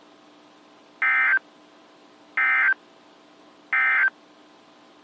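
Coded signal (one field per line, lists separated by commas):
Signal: Emergency Alert System (SAME) tones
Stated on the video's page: Weather radio alerts received from NOAA stations in Miamisburg Ohio, Pittsburgh Pennsylvania and Chicago Illinois.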